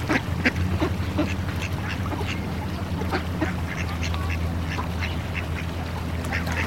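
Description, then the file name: Ducks quacking, short nasal calls repeated irregularly over a steady low background rumble. Ducks quacking at a city pond. "Sound Ideas 2000 Series. Ducks Quack In City Pond"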